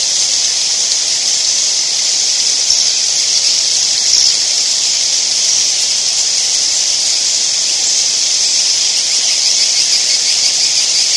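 Edible-nest swiftlets chattering as a steady, high, hissing chorus.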